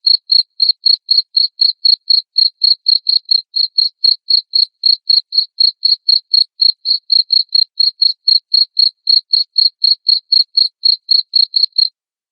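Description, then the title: Cricket chirping, loud high-pitched pulses repeated steadily about four times a second, with silence between chirps and no other sounds. Loud cricket chirping used to stimulate lovebirds into continuous singing. "Suara JANGKRIK NGERIK Keras Bikin LOVEBIRD Jadi NGEKEK Terus Vubey"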